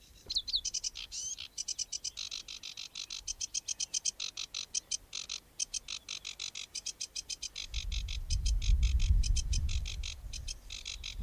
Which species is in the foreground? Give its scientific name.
Acrocephalus schoenobaenus